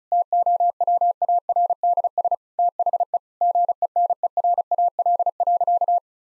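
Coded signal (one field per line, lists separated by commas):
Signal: Morse code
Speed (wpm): 36 wpm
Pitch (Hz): 700 Hz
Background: none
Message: TOWARDS THE GENERAL.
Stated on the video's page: Morse code head-copy practice at 35 WPM, sentences built from the 1000 most common words.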